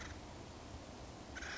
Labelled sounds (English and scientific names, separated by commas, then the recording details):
Acorn Woodpecker (Melanerpes formicivorus)
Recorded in Sonoma County, California